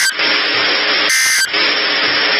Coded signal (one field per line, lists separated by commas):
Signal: Emergency Alert System (SAME) tones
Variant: end-of-message bursts